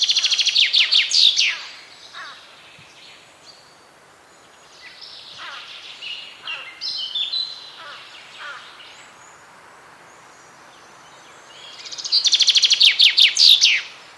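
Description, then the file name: Common chaffinch song: a bright trill heard at the start and again near the end, with quieter bird notes between. "Fringilla coelebs"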